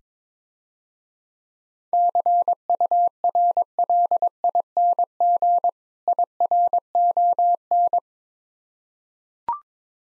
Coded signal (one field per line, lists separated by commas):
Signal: Morse code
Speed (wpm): 22 wpm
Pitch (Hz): 700 Hz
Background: none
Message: CURLING IRON